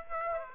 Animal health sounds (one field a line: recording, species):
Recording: mosquito wingbeat signal from an infrared sensor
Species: Aedes aegypti